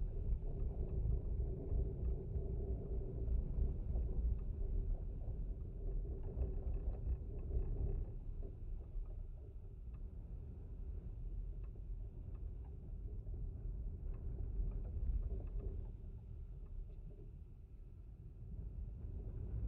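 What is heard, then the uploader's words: Wind blows against a fence in a constant, deep rumbling roar, with a faint steady hum riding above it. The gusts swell and ease gently, easing a little around the middle and again near the end, with small clicks and rattles scattered throughout. Windfence. It was a cloudy windy day when I visited the beach at the base of the grassland dunes in Warren Dunes State Park. In this second recording both contact microphones were attached to the twisted metal wire which held up the wooden pieces of this fence. I love the low vibrations in this recording.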